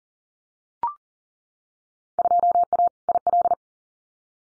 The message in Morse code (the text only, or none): 2A IL